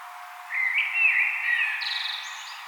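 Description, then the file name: Common blackbird song: a single fluty, warbled phrase that climbs into a high, thin twittering ending, over faint steady background hiss. "Turdus merula"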